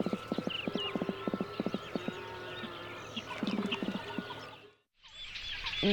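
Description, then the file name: Water rail gives rapid series of low pulsed grunts in short bursts, with songbirds chirping in the background. "Rale-d eau"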